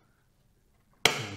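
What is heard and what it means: Pressure pushes the metal retention clip of an AMD Wraith PRISM CPU cooler down over the plastic tab of the motherboard mounting bracket. After near silence, it snaps on with one sharp click at 1.1 s, followed by a brief ringing tail. The clip is seated and locked into place.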